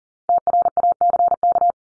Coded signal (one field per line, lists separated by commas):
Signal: Morse code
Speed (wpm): 40 wpm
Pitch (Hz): 700 Hz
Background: none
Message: TRACK